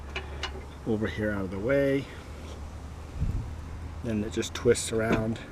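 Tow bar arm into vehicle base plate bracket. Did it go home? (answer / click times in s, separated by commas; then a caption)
no / none. A keyed tow bar arm end is handled at a car's base plate bracket, to be slid under the bracket's lip and twisted until it locks into the vehicle base plate. Someone talks over a steady low hum, with two short sharp hits at about 0.2 and 0.4 seconds. The clip ends before the arm goes home, and nothing has seated or clicked yet.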